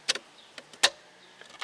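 The clock module from a 2003–2008 Corolla is slid forward from the back side into the plastic dash bezel, with a few light plastic taps and clicks as it is handled. A sharp, loud click at 0.8 s marks the module clicking into the bezel, and it is seated.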